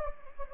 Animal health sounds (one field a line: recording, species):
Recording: mosquito wingbeat signal from an infrared sensor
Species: Anopheles gambiae